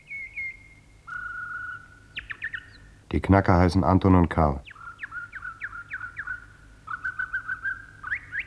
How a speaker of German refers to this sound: Ein Vogel singt.